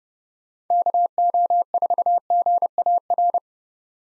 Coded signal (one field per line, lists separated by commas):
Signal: Morse code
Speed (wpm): 30 wpm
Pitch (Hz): 700 Hz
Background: none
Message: KO4GAR